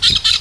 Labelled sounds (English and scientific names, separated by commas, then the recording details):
Brown-throated Parakeet (Eupsittula pertinax) contact call
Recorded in Venezuela
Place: Guárico; Corozopando; Fundo La Fe
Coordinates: 8.506, -67.593